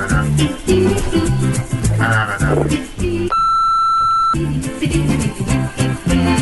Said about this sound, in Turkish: Orada biplenen yerde programın TEAK'ın açılımı vardı. Radyonun ilk programlarından bir tanesi.